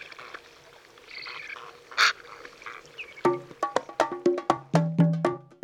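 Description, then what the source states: Eurasian Spoonbill calls, a run of low, harsh grunting notes repeated rapidly in the second half, after quieter rustling and a brief sharp sound. Recorded in Mongolia.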